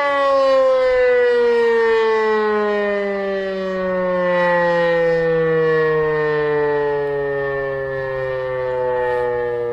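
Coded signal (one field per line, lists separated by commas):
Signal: siren signal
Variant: E57 siren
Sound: loud continuous siren wail, pitch gently falling then slightly steady, rich harmonics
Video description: Monatliche Sirenenprobe aller Sirenen der Stadt Niederkassel am 2. Samstag im Monat um 11.15 Uhr.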